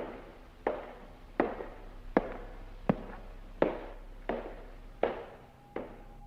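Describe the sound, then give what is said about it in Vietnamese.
Hard wooden footsteps, like someone walking in wooden clogs and stomping on the floor inside a room, knock in a slow, steady rhythm, about eight heavy clacks with a short ringing decay after each, heard alone over a low hum. “Bên trong ấy chuyển ra âm thanh như là có người đang đi guốc gỗ nện xuống cái nền nhà.”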